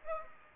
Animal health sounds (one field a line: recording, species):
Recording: mosquito wingbeat signal from an infrared sensor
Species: Aedes aegypti